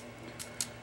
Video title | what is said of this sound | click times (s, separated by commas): How to mod your pistol magazine and make it a highcap | so it locks into place so you can put the BB's in it | 0.6 s